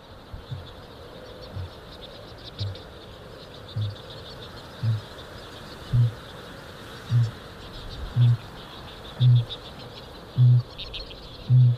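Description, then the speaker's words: Kākāpō booming, deep resonant low booms repeated about once a second, growing steadily louder, over a background of insect-like hiss. Booming of the male; giant nocturnal flightless parrot. "the booming of the male kākāpō is a little bit like the heartbeat of the land."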